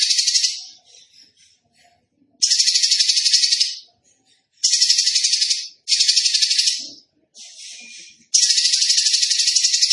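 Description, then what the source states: Tembakan bird song of several harsh rattling trills, with soft chattering notes between them. Tembakan bird singing vigorously (gacor), used for training cage birds.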